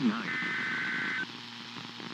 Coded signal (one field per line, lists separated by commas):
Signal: Emergency Alert System (SAME) tones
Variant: header bursts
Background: speech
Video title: Arizona New RMT Message & South Bay SVRs (EAS #24962-25037) 3/5/25